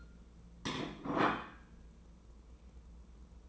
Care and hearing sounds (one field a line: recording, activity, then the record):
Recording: daily activity, microphone in the room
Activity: place plate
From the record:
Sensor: 1